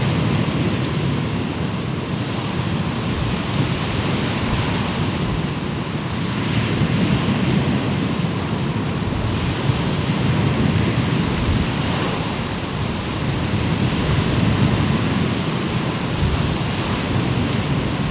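Wind rushes steadily through reeds, a dense, hissing wash that never drops away. Every few seconds a stronger gust swells and brightens the sound, around the 3, 9 and 15 second marks, over a constant low rumble from the moving air.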